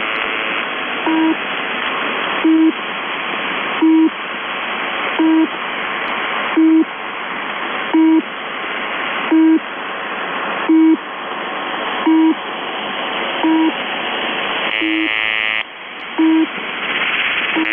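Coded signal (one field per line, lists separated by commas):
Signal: channel marker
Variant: UVB-76 (The Buzzer)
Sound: about 12 short harsh low buzzes, evenly spaced, over steady hiss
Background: radio static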